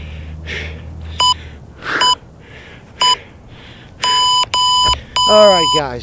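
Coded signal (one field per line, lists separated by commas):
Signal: none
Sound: interval timer beeps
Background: speech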